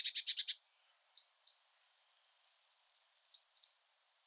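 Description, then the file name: Eurasian blue tit song: a quick burst of several buzzy notes, a few thin high notes, then a high descending whistle running into a fast silvery trill. "Cyanistes caeruleus"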